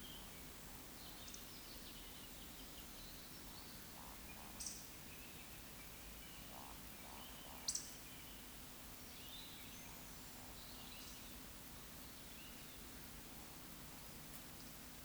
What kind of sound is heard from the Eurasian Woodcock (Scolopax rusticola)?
whistle, croak